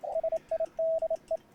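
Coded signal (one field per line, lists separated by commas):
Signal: Morse code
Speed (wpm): 27 wpm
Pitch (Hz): 650 Hz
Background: radio noise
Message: SIDE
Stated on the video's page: Ragchew sent with a bug key on a homemade multi-band vertical antenna.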